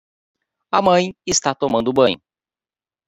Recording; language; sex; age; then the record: short text; Brazilian Portuguese; male; 30 to 39 years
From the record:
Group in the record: control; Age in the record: 35 years